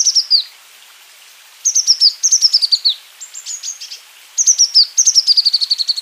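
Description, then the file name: Azure tit calling in high, rapid series of descending chip notes, several bursts of several notes, with clicky elements; quiet background. "cyanistes cyanus"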